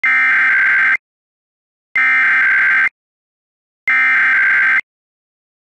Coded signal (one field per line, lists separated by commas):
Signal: Emergency Alert System (SAME) tones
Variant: header bursts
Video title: Required Weekly Test for all of Hawaii 2 21 22 (EAS #59)